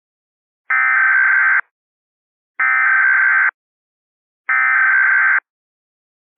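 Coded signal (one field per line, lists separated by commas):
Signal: Emergency Alert System (SAME) tones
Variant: header bursts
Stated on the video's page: Fictional EAS scenario; simulated alert tones.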